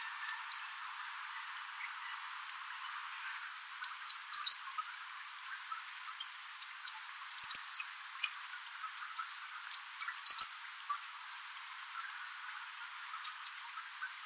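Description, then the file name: Eurasian blue tit calls: high, thin notes falling in pitch, given in short bursts of three to five every few seconds, over soft background noise. "Cyanistes caeruleus"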